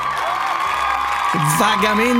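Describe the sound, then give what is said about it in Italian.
Canned applause sound effect, as added to TV programmes running without a studio audience, a steady, dense wash of clapping and crowd noise at even loudness throughout, with a voice talking over it near the end. “Senza pubblico, e quindi mettono questi applausi, queste...”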